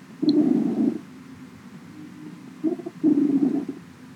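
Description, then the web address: Cat purring, two low rumbling bursts separated by a quiet pause, with a faint stutter shortly before the second. Purring; recorded 20 September 2017. "cats max purring"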